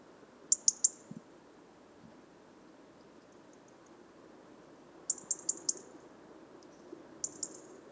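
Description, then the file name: European robin giving sharp high ticking calls in quick bursts of three or four, two bursts about four seconds apart, a few fainter notes near the end, over soft low background noise. "Erithacus rubecula"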